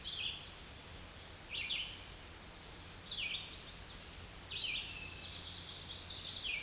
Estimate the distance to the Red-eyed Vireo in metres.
about 15 m